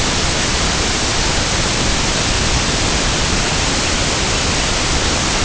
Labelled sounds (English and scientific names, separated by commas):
none